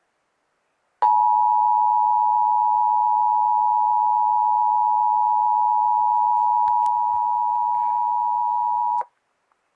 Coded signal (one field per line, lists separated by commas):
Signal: Emergency Alert System (SAME) tones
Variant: 853 and 960 Hz attention tone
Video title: Southeast Michigan Required Monthly Test on WTVS-DT 6/23/2021 (EAS #661)